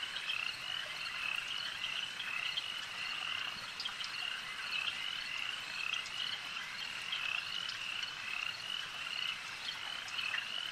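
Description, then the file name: Insects in a continuous high buzzing chorus, steady and layered, with small rhythmic flickers and no pauses across the whole stretch. A swarm of insects heard as ambient sound. "Elijah Wagner - Relaxing Insect Swarm Ambience"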